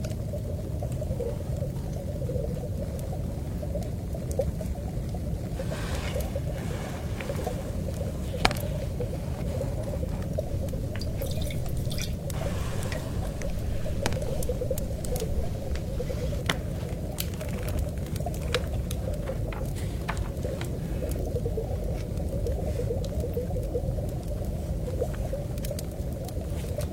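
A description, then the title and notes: Aquarium hotel ambience dominated by a steady, deep rumbling hum that never lets up. Over it come scattered soft clicks and light rustling, like pages or paper handled, bunching up around six to eight seconds and again near eleven to thirteen seconds. Luxury aquarium SPA hotel. Rustling the sound of books.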